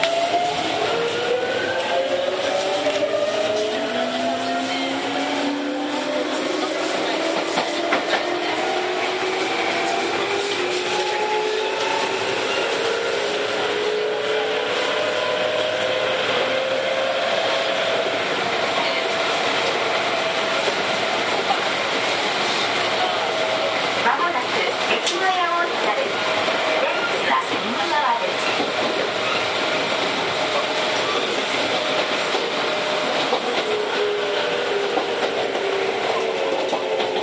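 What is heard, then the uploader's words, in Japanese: A Tokyu 7700 series train runs from Kamata toward Gotanda, its rising motor whine climbing steadily over a constant rumbling roar with brief clatters. 東急7700系 蒲田→五反田。東急7700系（7001F）蒲田→五反田。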